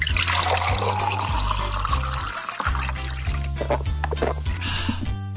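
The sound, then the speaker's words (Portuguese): Drinking water pours in a steady, splashing stream for several seconds, with a low, stepping musical tone humming underneath throughout. “Essa água nunca pareceu tão saborosa.”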